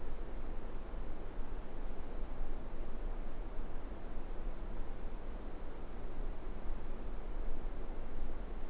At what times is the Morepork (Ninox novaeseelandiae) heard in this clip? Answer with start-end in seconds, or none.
none